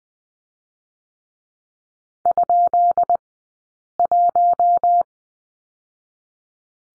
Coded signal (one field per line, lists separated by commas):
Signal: Morse code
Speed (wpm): 20 wpm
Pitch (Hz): 700 Hz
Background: none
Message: ?1